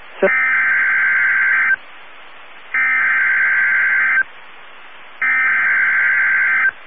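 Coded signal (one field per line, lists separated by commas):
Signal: Emergency Alert System (SAME) tones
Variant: header bursts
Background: speech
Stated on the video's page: Alerts received from NOAA Weather Radio transmitters in Amarillo, Texas and Miami, Florida.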